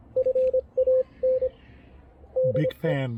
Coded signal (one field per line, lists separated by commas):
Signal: Morse code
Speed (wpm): 23 wpm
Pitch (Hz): 530 Hz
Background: speech, radio noise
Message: FAN DE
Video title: QRP Field Day 2023: A quick tour of our Field Day and POTA portable station!